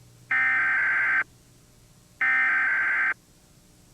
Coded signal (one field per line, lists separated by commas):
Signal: Emergency Alert System (SAME) tones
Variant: header bursts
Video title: WCBS-TV Emergency Alert System Test - 12/10/1997